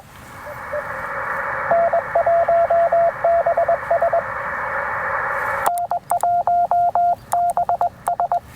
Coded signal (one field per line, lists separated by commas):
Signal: Morse code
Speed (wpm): 20 wpm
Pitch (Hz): 700 Hz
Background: radio noise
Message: N1BS N1BS